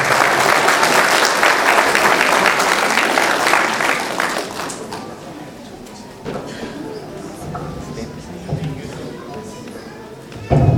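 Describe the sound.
Strong audience applause welcoming speakers at a ceremony for the 2014 graduating class of Unidad Educativa Maranata, a dense, loud roar of clapping for about four seconds that fades out into scattered claps and crowd murmur with occasional voices.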